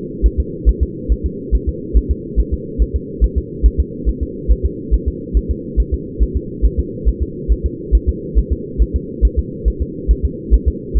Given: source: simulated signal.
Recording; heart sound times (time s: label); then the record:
fetal heart sounds
0.26 s: S1
0.40 s: S2
0.69 s: S1
0.83 s: S2
1.12 s: S1
1.26 s: S2
1.55 s: S1
1.69 s: S2
1.97 s: S1
2.11 s: S2
2.40 s: S1
2.54 s: S2
2.82 s: S1
2.96 s: S2
3.24 s: S1
3.38 s: S2
3.66 s: S1
3.80 s: S2
4.09 s: S1
4.23 s: S2
4.51 s: S1
4.65 s: S2
4.94 s: S1
5.08 s: S2
5.37 s: S1
5.51 s: S2
5.80 s: S1
5.94 s: S2
6.23 s: S1
6.37 s: S2
6.65 s: S1
6.79 s: S2
7.08 s: S1
7.23 s: S2
7.52 s: S1
7.66 s: S2
7.95 s: S1
8.09 s: S2
8.38 s: S1
8.52 s: S2
8.82 s: S1
8.96 s: S2
9.25 s: S1
9.39 s: S2
9.68 s: S1
9.82 s: S2
10.11 s: S1
10.25 s: S2
10.54 s: S1
10.68 s: S2
10.97 s: S1
From the record:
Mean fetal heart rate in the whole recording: 140 bpm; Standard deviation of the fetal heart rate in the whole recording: 2 bpm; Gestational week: 34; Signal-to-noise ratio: -4.1 dB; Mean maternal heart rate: no maternal heart sound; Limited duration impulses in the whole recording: absent